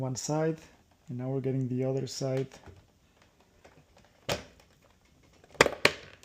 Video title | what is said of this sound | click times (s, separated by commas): Fix Your Dishwasher in 9 Minutes! Easy Control Panel Replacement (Kenmore Ultra Wash DIY) | Make sure it clicks so it's secured. | 5.6 s, 5.8 s